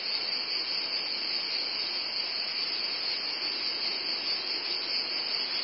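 Cicada: a loud, constant shrill hiss, steady throughout.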